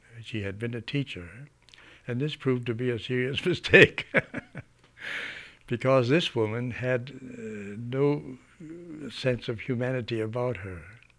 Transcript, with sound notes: She had been a teacher. And this proved to be a serious mistake (he laughs) because this woman had no sense of humanity about her,